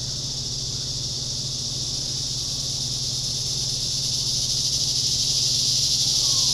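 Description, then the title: Cicadas buzzing in a continuous high-pitched drone that swells gradually throughout, over a low constant hum. Summer cicadas. "neoscenes: summer cicadas"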